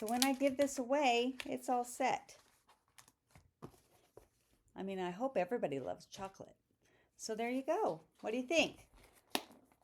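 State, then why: Seated. A lid is pressed onto a handmade gift box filled with chocolates while someone talks. A single sharp snap at 9.4 s shows the lid went on correctly and is seated. Softer light taps and rustles come through the pauses between the talk.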